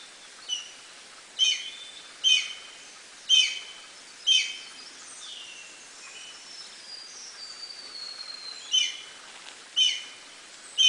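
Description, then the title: Black-and-white Hawk-Eagle giving sharp, whistled notes about once a second, with a pause midway. "Gavião Pato – Características, Habitat Alimentação e Canto!"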